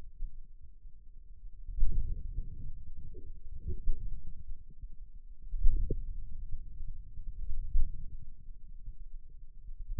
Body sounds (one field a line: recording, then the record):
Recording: forearm muscle sounds (acoustic myography)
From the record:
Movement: inward rotation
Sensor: system 2, bracelet of six BSWA MPA416 microphones around the upper forearm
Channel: 4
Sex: male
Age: 22 years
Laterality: right